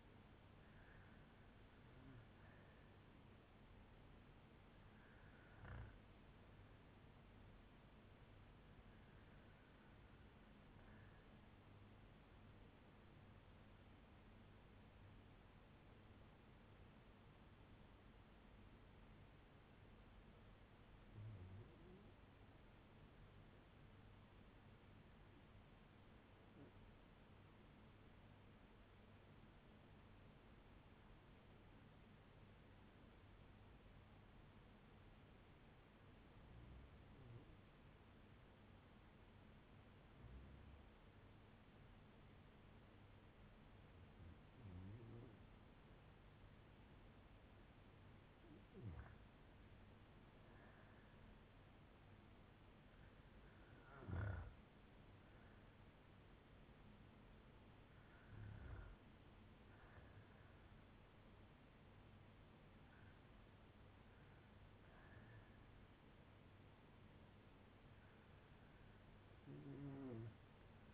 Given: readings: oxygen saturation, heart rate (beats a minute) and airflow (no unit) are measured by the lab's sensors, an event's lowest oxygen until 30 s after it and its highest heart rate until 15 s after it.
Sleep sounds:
breathing in sleep by a voice recorder at the bedside; 1
12.00-44.30 s: hypopnea (REM, oxygen 96% highest, then 87% lowest, heart rate 71 at the start, 77 highest)
From the record:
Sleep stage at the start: REM sleep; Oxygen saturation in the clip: 89 to 96%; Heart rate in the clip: 58 to 77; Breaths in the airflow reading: 14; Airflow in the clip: -8.1 to 7.4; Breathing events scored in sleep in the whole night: 182 in 7.4 hours asleep

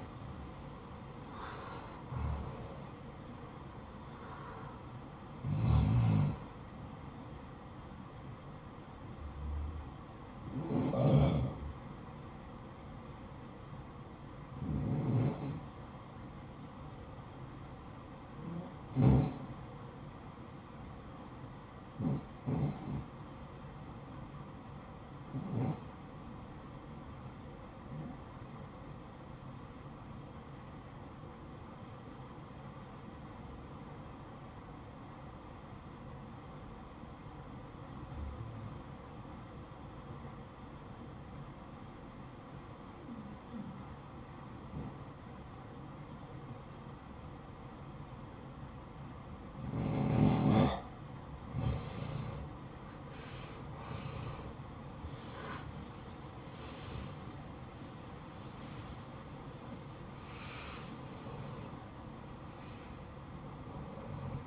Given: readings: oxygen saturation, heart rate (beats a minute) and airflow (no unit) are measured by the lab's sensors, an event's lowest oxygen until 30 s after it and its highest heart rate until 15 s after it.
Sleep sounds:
breathing in sleep by a smartphone at the bedside; 1
32.00-52.20 s: obstructive apnea (REM, oxygen 94% highest, then 85% lowest, heart rate 64 at the start, 79 highest)
From the record:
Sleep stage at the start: REM sleep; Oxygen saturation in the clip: 80 to 94%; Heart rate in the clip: 60 to 83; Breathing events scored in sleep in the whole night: 573 in 9.8 hours asleep

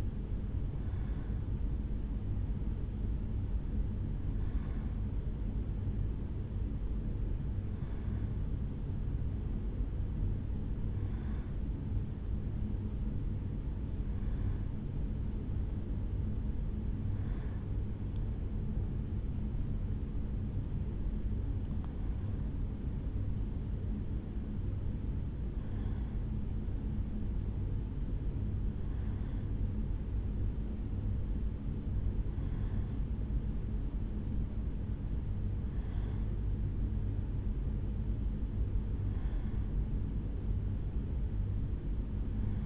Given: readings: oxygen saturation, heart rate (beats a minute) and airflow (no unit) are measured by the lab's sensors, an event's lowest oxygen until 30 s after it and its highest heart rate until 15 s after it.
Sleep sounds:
a person awake in a sleep study, by a smartphone at the bedside; none
0.00-42.66 s: awake
From the record:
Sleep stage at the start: awake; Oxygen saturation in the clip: 93 to 94%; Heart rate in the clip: 70 to 77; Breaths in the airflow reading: 12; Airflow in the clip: -3.5 to 4.6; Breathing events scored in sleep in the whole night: 449 in 7.0 hours asleep

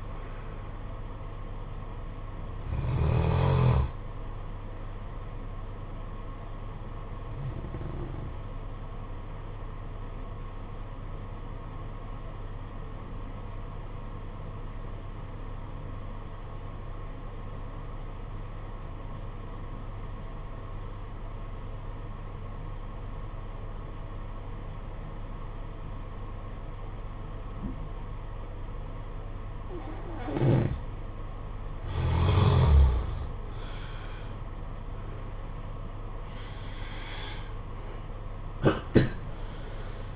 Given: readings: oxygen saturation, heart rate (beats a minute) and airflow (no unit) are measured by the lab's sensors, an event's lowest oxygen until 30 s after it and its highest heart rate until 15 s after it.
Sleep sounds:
breathing in sleep by a smartphone at the bedside; 1
13.00-31.10 s: obstructive apnea (N1, oxygen 94% highest, then 83% lowest, heart rate 52 at the start, 84 highest)
From the record:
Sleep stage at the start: N1 (lightest sleep); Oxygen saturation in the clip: 83 to 94%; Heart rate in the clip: 51 to 66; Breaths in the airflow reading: 6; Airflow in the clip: -6.8 to 7.9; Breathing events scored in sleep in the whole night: 476 in 9.7 hours asleep

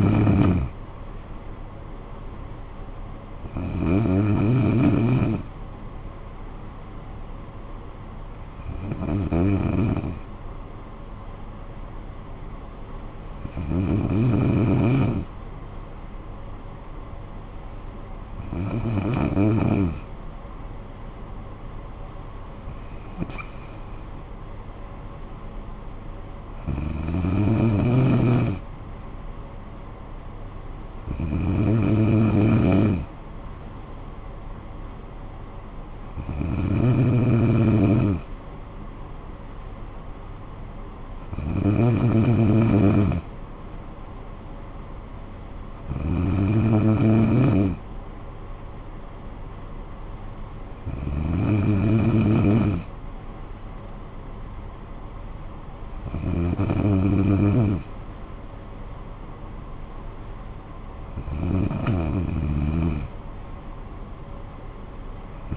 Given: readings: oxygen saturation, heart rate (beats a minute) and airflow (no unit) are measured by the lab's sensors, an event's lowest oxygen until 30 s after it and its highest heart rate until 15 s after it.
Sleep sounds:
breathing in sleep by a smartphone at the bedside; none
none scored
From the record:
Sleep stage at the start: N2 (light sleep); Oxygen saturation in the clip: 92 to 94%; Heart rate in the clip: 54 to 71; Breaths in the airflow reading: 14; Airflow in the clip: -11.1 to 6.5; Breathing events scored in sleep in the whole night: 445 in 7.6 hours asleep

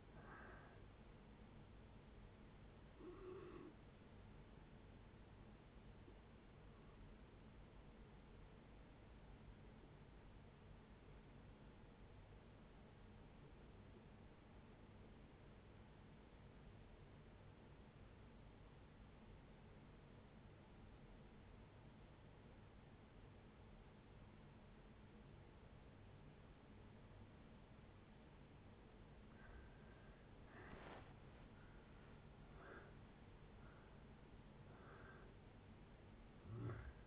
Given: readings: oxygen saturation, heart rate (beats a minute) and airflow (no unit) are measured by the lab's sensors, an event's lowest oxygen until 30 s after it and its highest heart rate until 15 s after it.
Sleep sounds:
breathing in sleep by a voice recorder at the bedside; 1
7.00-29.90 s: obstructive apnea (N1, oxygen 96% highest, then 78% lowest, heart rate 66 at the start, 77 highest)
From the record:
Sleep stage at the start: N1 (lightest sleep); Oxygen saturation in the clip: 81 to 96%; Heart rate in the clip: 56 to 77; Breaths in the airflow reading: 6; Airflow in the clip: -8.3 to 12.9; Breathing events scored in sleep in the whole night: 496 in 5.4 hours asleep

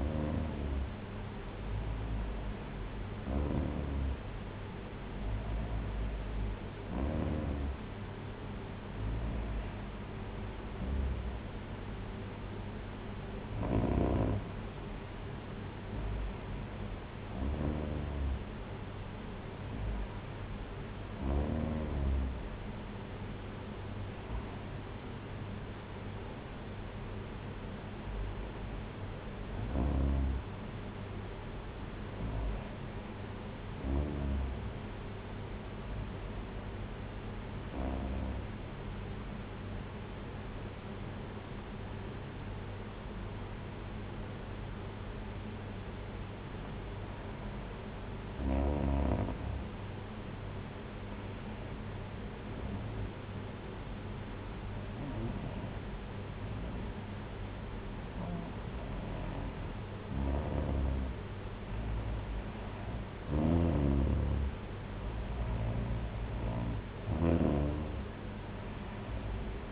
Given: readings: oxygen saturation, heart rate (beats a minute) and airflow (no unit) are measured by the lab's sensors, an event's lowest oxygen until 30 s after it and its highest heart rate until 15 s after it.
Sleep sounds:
breathing in sleep by a voice recorder at the bedside; 2
4.00-34.00 s: new sleep stage, N2 (light sleep)
12.00-29.10 s: hypopnea (N2, oxygen 95% highest, then 94% lowest)
34.00-69.72 s: new sleep stage, N1 (lightest sleep)
36.00-64.90 s: hypopnea (N1, oxygen 95% highest, then 91% lowest)
From the record:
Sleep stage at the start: N1 (lightest sleep); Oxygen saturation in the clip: 92 to 95%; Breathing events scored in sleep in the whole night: 226 in 8.8 hours asleep

